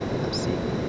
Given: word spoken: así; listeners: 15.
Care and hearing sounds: one Spanish word in noise, from a listening test; speech-shaped noise; -6.6 dB; 4 of 15; 6 of 15; 0.49 s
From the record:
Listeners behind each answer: 6, 4, 1, 1, 1, 1, 1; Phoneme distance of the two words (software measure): 7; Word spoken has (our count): 2 syllables, 3 phonemes, stress on syllable 2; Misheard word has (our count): 1 syllable, 2 phonemes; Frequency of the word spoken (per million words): 1020.23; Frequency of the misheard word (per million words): 2146.58

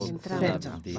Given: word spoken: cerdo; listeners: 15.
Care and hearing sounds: one Spanish word in noise, from a listening test; four-talker babble; -0.3 dB; 0 of 15; 12 of 15; 0.59 s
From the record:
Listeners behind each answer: 12, 1, 1, 1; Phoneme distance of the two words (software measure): 45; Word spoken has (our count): 2 syllables, 5 phonemes, stress on syllable 1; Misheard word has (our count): 3 syllables, 8 phonemes, stress on syllable 2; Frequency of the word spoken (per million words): 16.88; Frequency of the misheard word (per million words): 8.04

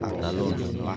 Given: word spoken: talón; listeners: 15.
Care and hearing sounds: one Spanish word in noise, from a listening test; eight-talker babble; -1.3 dB; 0 of 15; 10 of 15; 0.57 s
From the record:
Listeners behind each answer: 10, 1, 1, 1, 1, 1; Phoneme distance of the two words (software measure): 21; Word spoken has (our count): 2 syllables, 5 phonemes, stress on syllable 2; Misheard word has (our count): 3 syllables, 8 phonemes, stress on syllable 3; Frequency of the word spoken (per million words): 4.41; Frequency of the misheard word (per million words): 15.07

